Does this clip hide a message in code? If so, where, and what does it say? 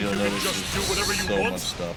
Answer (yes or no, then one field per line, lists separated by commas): no